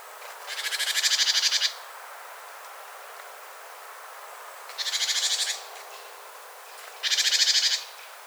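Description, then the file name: Great tit harsh call: three buzzy, rapidly pulsed churring bursts, each about a second long, separated by pauses, over a quiet background. "Parus major"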